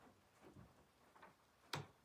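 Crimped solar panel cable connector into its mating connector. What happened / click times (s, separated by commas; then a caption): The plastic cable connector snapped together and latched / 1.7 s. A crimped solar panel cable connector is pushed into its mating plastic connector. After soft handling rustles and a faint tick at 1.2 s, a sharp, bright click at 1.7 s shows the connector has latched and seated.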